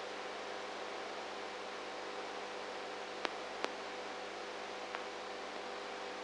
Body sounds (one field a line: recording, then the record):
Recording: brain microelectrode recording played as sound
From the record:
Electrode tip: inside the subthalamic nucleus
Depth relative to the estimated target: -1 mm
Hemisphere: right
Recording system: NeuroSet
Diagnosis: Parkinson's disease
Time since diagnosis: 19 years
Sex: female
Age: 58 years